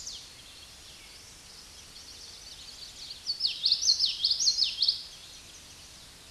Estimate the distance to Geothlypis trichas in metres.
about 10 m